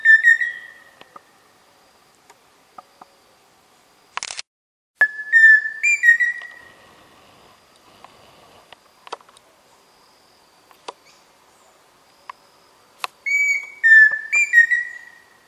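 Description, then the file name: Pheasant cuckoo song: clear whistled phrases of a few level notes, one stepping higher then dropping back, repeated after long pauses, with faint clicks between. "canto do saci faisao"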